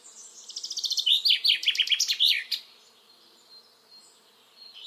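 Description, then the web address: Common chaffinch delivering a fast series of notes dropping in pitch over about two seconds, ending in a terminal flourish; faint bird twitter follows. "Deverinetal 2025 File origin Bird Only Fr Co"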